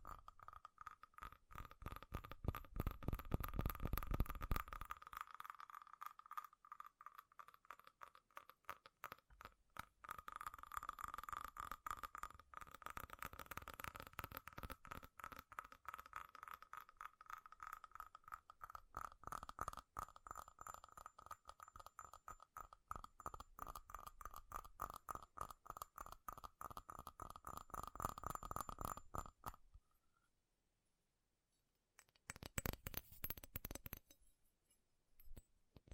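Rapid, relentless tapping on metal, a dense stream of sharp clicks with a bright ringing tone sustained beneath. Heavier, deeper thumping swells in around 2–5 seconds and again near 10–12 seconds. The tapping stops briefly around 30 seconds, then resumes in a short burst.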